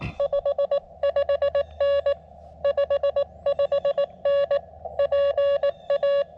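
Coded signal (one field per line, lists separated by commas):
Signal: Morse code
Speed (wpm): 18 wpm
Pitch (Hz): 1130 Hz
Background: none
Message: 55N 55N PA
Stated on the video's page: QRP CW Parks On The Air activation from a state forest with a KX2 transceiver, in pretty good band conditions.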